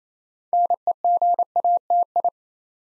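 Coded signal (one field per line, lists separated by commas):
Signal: Morse code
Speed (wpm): 29 wpm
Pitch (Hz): 700 Hz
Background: none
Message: NEGATI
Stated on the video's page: Morse practice at 28 wpm building 8-letter words two letters at a time, for instant character recognition.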